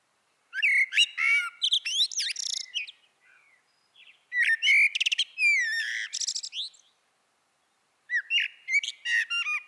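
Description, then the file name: Common blackbird singing rich warbled phrases mixed with thin, scratchy twittering, separated by short silences. "Turdus merula"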